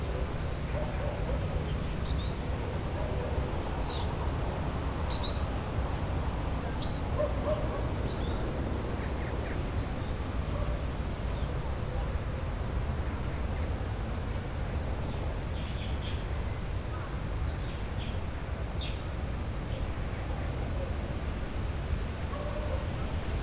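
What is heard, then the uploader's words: A distant speaker's voice drifts over a tree farm amid a steady low rumble, with brief high bird chirps scattered throughout. Tree farm. Distant speaker.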